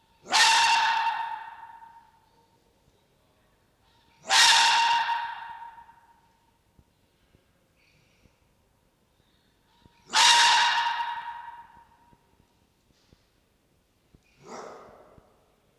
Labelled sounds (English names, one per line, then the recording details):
Red Fox
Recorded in captivity
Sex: male
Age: diverse
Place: Zoologisches Institut der HUB, Berlin, DE
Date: 1953-03-16
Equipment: Elmetra
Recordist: Tembrock, Günter